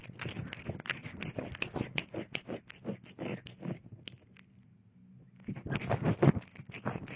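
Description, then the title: Cat eating sounds: rapid crunching and chewing bursts that pause midway over a low hum, then resume more loudly. Cat eating, sleeping and playing. "猫咪进食、睡觉、玩耍的声音"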